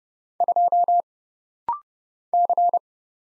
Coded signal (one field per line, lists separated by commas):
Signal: Morse code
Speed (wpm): 30 wpm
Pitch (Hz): 700 Hz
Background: none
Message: 2 C